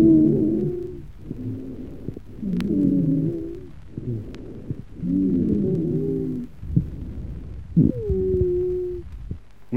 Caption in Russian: Более высокие сухие хрипы, дискантовые, возникают в мелких бронхах. Высокие свистящие хрипы при бронхиальной астме лучше выслушиваются на выдохе.